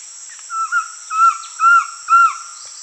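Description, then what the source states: Collared trogon singing a series of four or five gentle, clear, falling notes spaced roughly half a second apart, with a constant high background hiss. Recorded in Peru.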